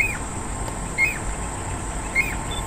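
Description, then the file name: Jacobin cuckoo calling, single clear whistled notes that rise then drop, repeated about once a second, over a steady high insect-like hiss and low rumble. "Jacobin cuckoo call alok"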